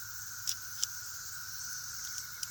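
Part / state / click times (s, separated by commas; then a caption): cylinder pin into revolver frame / seated / 2.4 s. The metal cylinder pin is twisted into the frame of a small NAA Black Widow .22 mag revolver with Viridian laser grips, after the cylinder has been dropped into the frame. Sharp metallic ticks sound at about 0.5, 0.8 and 2.2 seconds over a steady high hiss. A final click at 2.4 seconds marks the pin locking into place.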